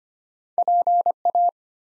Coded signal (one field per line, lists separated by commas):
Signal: Morse code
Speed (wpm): 25 wpm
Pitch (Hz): 700 Hz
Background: none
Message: PA